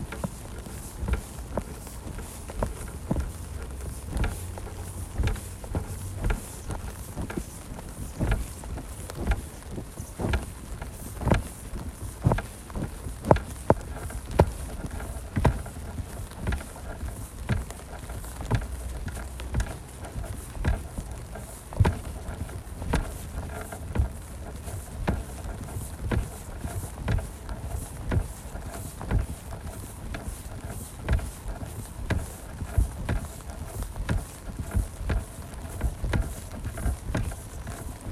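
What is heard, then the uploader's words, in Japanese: Planting sweet potato seedlings on a rainy day: dense, irregular clicks and knocks run throughout, like holes being poked in soil and seedlings pushed in. A low rumble and steady rain-like hiss stay underneath, with a few sharper taps around the middle. 雨の日 サツマイモ苗植え。季節最後のサツマイモ苗を採り、畑に定植します。その後、定植する畑に戻り、穴を開けサツマイモ苗をさしていきます。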